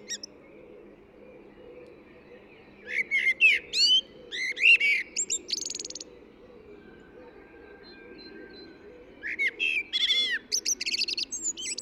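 Eurasian blackbird song, two phrases of rich fluted notes followed by thin high twittering flourishes, with a soft steady low background.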